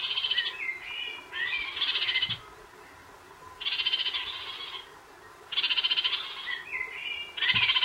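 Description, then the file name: New Zealand parakeet calling in loud, rattling chatter bursts at fairly regular intervals, with brief whistled notes in some gaps. "kakariki"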